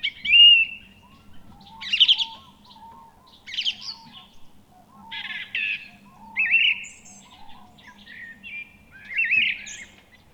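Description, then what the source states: Song thrush song: short, varied whistled and chattering phrases delivered in separate bursts, with a faint low hum underneath. Recorded 29 April 2017.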